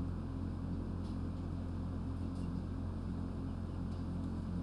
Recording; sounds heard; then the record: poultry house recording; healthy chickens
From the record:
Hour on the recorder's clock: 21